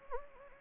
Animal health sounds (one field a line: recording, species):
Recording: mosquito wingbeat signal from an infrared sensor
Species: Anopheles gambiae